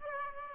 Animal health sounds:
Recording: mosquito wingbeat signal from an infrared sensor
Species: Aedes aegypti

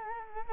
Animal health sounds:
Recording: mosquito wingbeat signal from an infrared sensor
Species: Culex quinquefasciatus

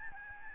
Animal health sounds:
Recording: mosquito wingbeat signal from an infrared sensor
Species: Aedes albopictus

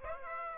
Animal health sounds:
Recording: mosquito wingbeat signal from an infrared sensor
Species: Aedes aegypti

